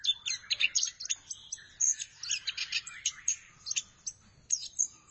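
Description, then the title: Thrush song: a rapid, busy stream of high chirps, trills and short whistled notes, with brief gaps between bursts throughout. "burung anis x"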